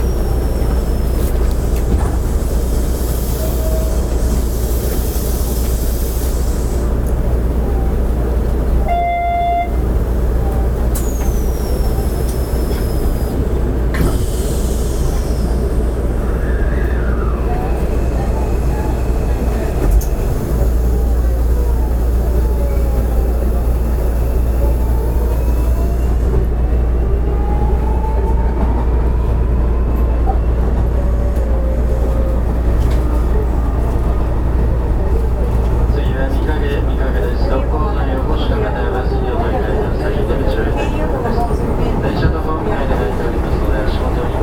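Running sound from inside a Hanshin Railway 5700 series train: a steady, heavy low rumble and hum that holds level for the whole stretch. A short tone chimes near nine seconds, and faint rising and falling motor whines come and go, with clattering rail noise building toward the end.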